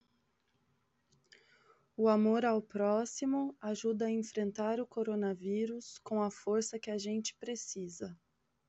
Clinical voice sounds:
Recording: spoken sentence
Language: Brazilian Portuguese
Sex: female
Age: 30 to 39 years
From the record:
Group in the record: control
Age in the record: 33 years

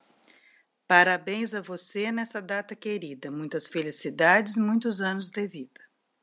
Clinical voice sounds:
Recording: short text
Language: Brazilian Portuguese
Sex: female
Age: 60 to 69 years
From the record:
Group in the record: control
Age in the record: 60 years

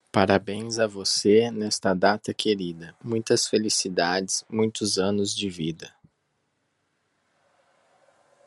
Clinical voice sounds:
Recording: short text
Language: Brazilian Portuguese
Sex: male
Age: 30 to 39 years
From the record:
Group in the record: control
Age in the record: 35 years

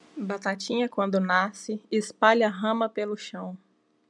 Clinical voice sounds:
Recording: short text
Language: Brazilian Portuguese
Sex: female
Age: 30 to 39 years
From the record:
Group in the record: control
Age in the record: 30 years

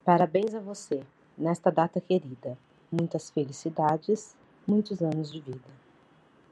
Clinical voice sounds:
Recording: short text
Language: Brazilian Portuguese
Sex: female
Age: 30 to 39 years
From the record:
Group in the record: control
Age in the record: 36 years

